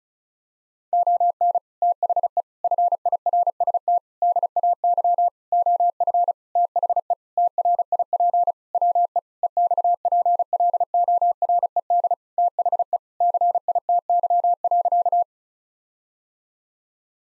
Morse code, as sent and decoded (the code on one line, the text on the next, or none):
--- -. / - .... . / ..-. .. .-. ... - / -.. .- -.-- / --- ..-. / - .... . / - .-. .. .--. / .-- . / . -..- .--. .-.. --- .-. . -.. / - .... . / -.-. .. - -.-- .-.-.-
ON THE FIRST DAY OF THE TRIP WE EXPLORED THE CITY.